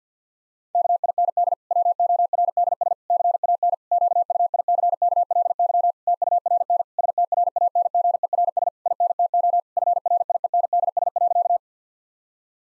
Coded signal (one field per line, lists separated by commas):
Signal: Morse code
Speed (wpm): 50 wpm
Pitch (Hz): 700 Hz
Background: none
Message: KIND WORDS CAN QUICKLY TURN STRANGERS INTO FRIENDS.